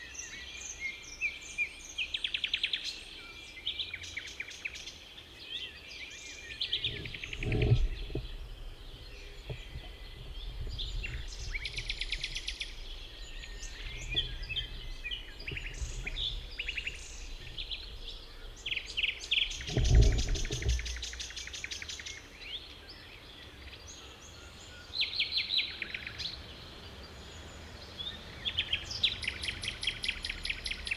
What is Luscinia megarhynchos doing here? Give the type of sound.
song